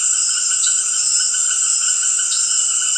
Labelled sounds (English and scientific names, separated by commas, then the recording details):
none
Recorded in dense forest near Puerto Asís, Putumayo, Colombia, on 4 March 2025 at 18:30
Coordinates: 0.481, -76.323
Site G088